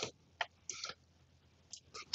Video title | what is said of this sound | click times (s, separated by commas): J1939 Splice Block Connection For Aftermarket Telematics System | we're gonna do snap that in here you'll hear it click now | 0.4 s, 0.7 s